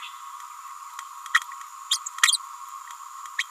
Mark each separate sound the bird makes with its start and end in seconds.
1.90-1.99, 2.22-2.38, 3.38-3.47